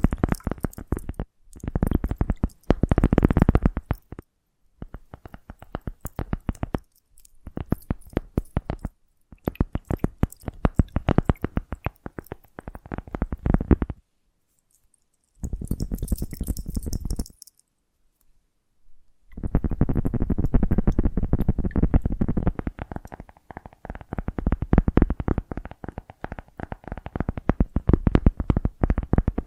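Tapping and scratching come in dense bursts of rapid clicks, broken by short silences, with a longer continuous stretch of scratching after twenty seconds.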